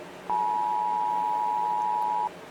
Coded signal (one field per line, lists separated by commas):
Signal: Emergency Alert System (SAME) tones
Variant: 853 and 960 Hz attention tone